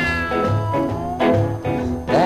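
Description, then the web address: Cat meows, falling at the start and rising at the end, over a steady low hum and tonal background. "Kitty Kat"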